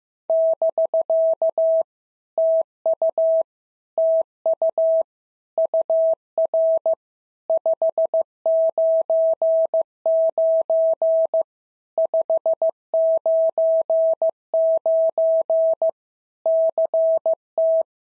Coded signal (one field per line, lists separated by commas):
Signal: Morse code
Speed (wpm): 15 wpm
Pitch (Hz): 650 Hz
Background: none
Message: <BK> TU TU UR 599 599 CT